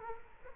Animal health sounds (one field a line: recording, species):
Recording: mosquito wingbeat signal from an infrared sensor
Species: Culex quinquefasciatus